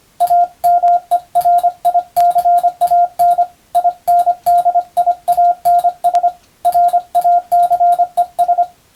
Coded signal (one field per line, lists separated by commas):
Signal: Morse code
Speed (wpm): 25 wpm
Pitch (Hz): 700 Hz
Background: radio noise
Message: AMERICAN INDIANS RACES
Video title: 無線従事者国家試験総合無線通信士電気通信術のトレーニングにＣＷを打ってみました。アマチュア無線ハムの受信練習にもどうぞ(morse code practice for radio operator )